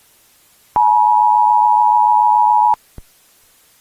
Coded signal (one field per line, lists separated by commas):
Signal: Emergency Alert System (SAME) tones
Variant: 853 and 960 Hz attention tone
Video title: EAS Scenario | Lights Out - Sequel